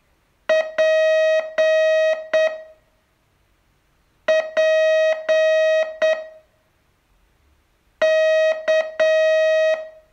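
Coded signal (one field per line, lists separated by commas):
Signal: Morse code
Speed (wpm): 8 wpm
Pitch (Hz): 630 Hz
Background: music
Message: P P K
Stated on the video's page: Day 29 of a 42-day Morse training course.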